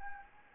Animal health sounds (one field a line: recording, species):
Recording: mosquito wingbeat signal from an infrared sensor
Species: Anopheles gambiae